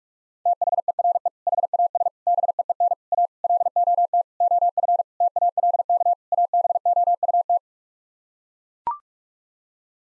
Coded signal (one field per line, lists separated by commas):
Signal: Morse code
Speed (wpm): 41 wpm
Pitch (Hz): 700 Hz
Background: none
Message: THERE HAS BEEN A LOT OF TALK ABOUT